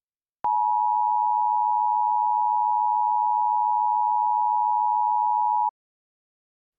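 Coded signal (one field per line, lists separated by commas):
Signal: Emergency Alert System (SAME) tones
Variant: 853 and 960 Hz attention tone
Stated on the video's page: Fictional mock EAS alert, not a real broadcast.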